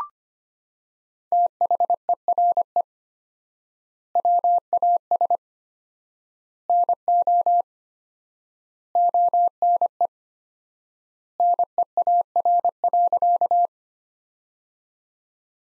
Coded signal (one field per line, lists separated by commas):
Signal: Morse code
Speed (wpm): 25 wpm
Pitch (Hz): 700 Hz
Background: none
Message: THERE WAS NO ONE NEAR.